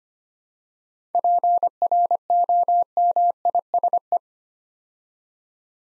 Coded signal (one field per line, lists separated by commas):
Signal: Morse code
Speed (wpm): 25 wpm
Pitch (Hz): 700 Hz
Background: none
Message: PROMISE